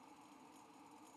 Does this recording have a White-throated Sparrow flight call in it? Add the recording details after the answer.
no. No flight call is heard. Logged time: 09:39 on 5 December 2014